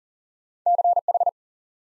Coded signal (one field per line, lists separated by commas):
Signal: Morse code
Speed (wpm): 40 wpm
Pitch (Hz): 700 Hz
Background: none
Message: CH